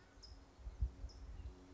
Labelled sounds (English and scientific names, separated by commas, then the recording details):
California Towhee (Melozone crissalis)
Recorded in Sonoma County, California